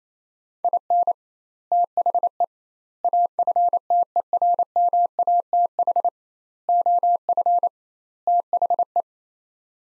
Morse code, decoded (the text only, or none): IN THE AFTERMATH OF THE